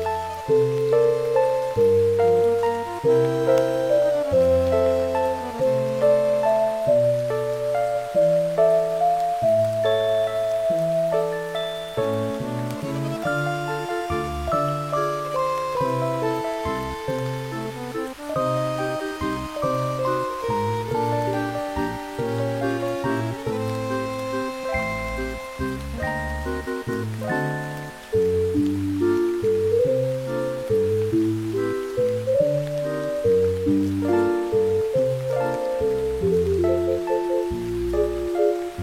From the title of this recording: Music w/ Rain Sounds